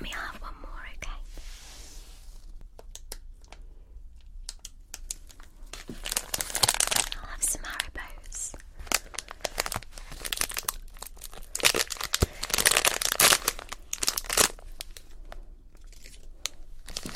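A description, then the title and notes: Someone handles Halloween candy, crinkling and tearing wrappers. The first few seconds are sparse, with a soft rustle near two seconds. From about six seconds the crackling turns dense and bright in loud bursts, peaking around twelve to fourteen seconds. Eating Halloween Candy.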